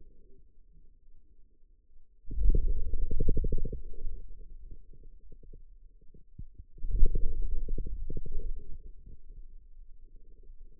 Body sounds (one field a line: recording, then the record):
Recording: forearm muscle sounds (acoustic myography)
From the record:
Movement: hand closing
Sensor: system 2, bracelet of six BSWA MPA416 microphones around the upper forearm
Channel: 3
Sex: male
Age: 22 years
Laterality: right